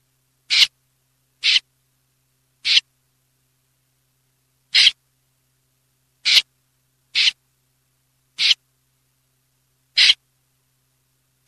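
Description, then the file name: Common snipe calling with abrupt, hoarse, scraping notes, about nine at irregular intervals of roughly one to two seconds. Filtered audio. "BECCACCINO"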